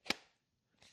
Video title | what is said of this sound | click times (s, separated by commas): BEST NEW BUDGET Foam Cannon On AMAZON? - MaXpeedingrods | and you hear it, it's weird because it's got a click, but | 0.1 s